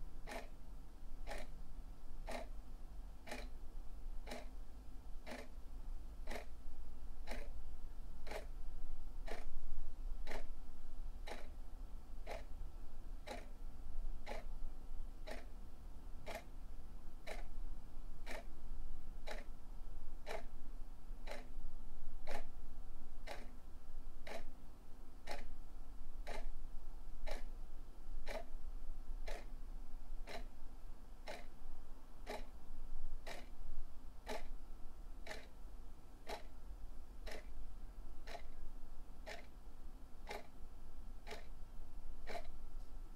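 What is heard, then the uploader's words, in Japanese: A clock's hand ticks sharply and evenly, roughly once a second, over a steady low hum. 時計の針。ホワイトノイズよりの音となります。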